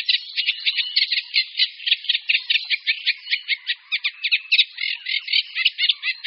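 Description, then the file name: Eurasian reed warbler song, continuous and rhythmic: scratchy, chattering notes delivered in quick pairs and triplets without pause throughout. "Rákosník-obecný"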